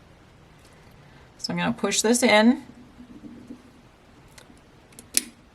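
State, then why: Seated. Someone talks, then uses a thumb to push the rear slide cover plate into the back of a Springfield Armory Hellcat PRO pistol slide, after the striker assembly has been pushed in with a punch. Faint ticks come around 4.4 s and 5.0 s, followed by a sharp, loud click at 5.2 s as the plate seats into place.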